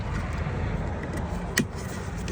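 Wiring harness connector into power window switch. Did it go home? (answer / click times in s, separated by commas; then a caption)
yes / 1.6 s. A wiring harness connector is plugged back into a new power window switch in the door panel of a 2015 Town & Country minivan. Over a steady low background rumble, one sharp, short click at 1.6 s marks the connector seating, and a fainter tap follows near 2.3 s.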